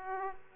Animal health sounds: mosquito wingbeat signal from an infrared sensor; Aedes aegypti

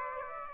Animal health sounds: mosquito wingbeat signal from an infrared sensor; Aedes aegypti

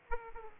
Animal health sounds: mosquito wingbeat signal from an infrared sensor; Aedes aegypti

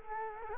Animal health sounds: mosquito wingbeat signal from an infrared sensor; Culex quinquefasciatus

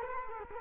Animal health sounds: mosquito wingbeat signal from an infrared sensor; Culex quinquefasciatus

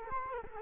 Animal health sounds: mosquito wingbeat signal from an infrared sensor; Culex quinquefasciatus

